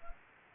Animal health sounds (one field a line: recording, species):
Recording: mosquito wingbeat signal from an infrared sensor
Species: Anopheles gambiae